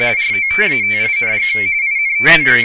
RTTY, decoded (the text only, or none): ROTATING INTO